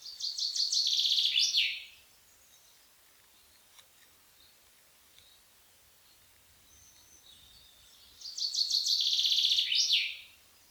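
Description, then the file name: Common chaffinch song is heard twice: a rapid, descending rattle of clear notes finishing with a terminal flourish, separated by quiet background. "pinsondesarbres"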